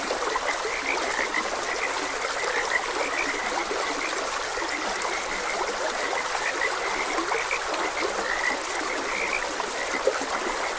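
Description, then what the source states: Frogs calling together in dense, overlapping croaks, partly blended into the steady trickle and rush of a stream. Frogs croaking beside a gentle stream.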